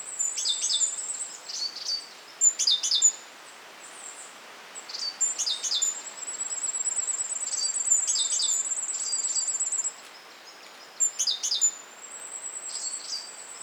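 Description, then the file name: Great tit calls: short, sharp, wide-band notes in twos and threes, repeated irregularly, with an intermittent thin, very high whine. "Parus major"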